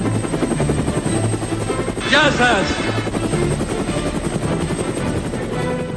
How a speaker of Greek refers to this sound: Ελικόπτερα GAP 4 σε δύο χρώματα, λευκό και πράσινο. Γιατί ποτέ δεν ξέρεις πότε η απόδραση γίνεται ανάγκη και πότε η μόνη διέξοδος θα είναι ο ουρανός. Ελικόπτερα GAP 4, γιατί η ιστορία έχει ήχο.